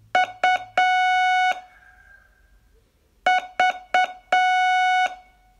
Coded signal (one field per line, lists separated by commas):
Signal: Morse code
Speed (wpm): 7 wpm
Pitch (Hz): 740 Hz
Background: none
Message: U V